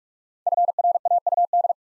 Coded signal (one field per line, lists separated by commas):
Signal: Morse code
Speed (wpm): 44 wpm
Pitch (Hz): 700 Hz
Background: none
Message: FRAUD